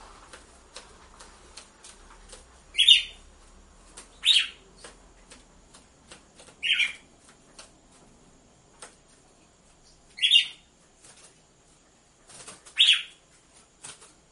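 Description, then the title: Red-cowled cardinal giving several short, grating notes at irregular intervals, with quiet clicking throughout. Female red-cowled cardinal song used to warm up males, with a beat of two males. "Canto Galo Campina Fêmea 01. ESQUENTE GALO DE CAMPINA COM BATIDA DE DOIS MACHOS"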